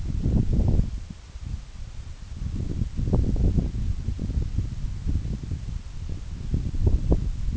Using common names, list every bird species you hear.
none